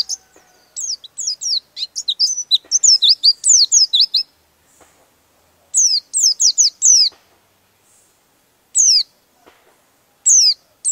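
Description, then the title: Bird song: a long, busy run of high chirps and slurred notes, then shorter bursts of falling notes spaced by silence. Used for training songbirds. "Master Burung Jos"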